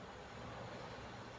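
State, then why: Not seated. After the LED plate is repaired, the bulb's plastic diffuser cover is handled and pressed gently into the LED bulb body, without much force. Only a steady, even rumbling noise is heard, with no sharp sounds. Nothing has seated or clicked yet.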